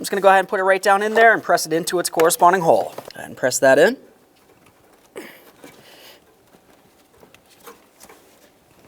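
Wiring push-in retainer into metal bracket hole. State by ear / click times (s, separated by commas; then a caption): not seated / none. Someone talks for the first four seconds while a wiring harness's plastic push-in retainer is being pressed toward its hole in a metal bracket, during air pump electric motor work on a 2000-2005 Buick LeSabre. After that come only quiet handling noises, with a soft thump near 5.2 s and faint ticks. The retainer is still being handled and nothing has seated or clicked yet.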